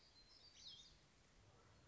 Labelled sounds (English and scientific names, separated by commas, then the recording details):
Black-throated Gray Warbler (Setophaga nigrescens)
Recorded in Sonoma County, California